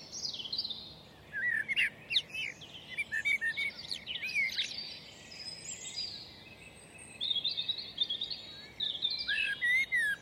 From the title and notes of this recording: Dawn Chorus at OmVed Gardens. We invited sound artists Chris Watson and Pascal Wyse to create this piece from dawn chorus in Highgate Bowl. Recorded between 4am and 7am.